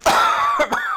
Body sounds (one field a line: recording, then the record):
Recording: coughing mixed with background sound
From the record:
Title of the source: Heavy cold and sore throat coughing.